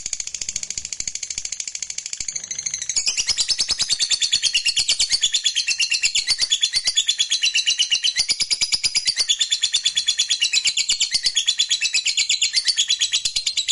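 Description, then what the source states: Lovebird pouring out rapid, high, scratchy chatter; the song starts softer and swells to a loud, continuous pulsing trill after about three seconds. Fighter lovebird, gacor (singing energetically).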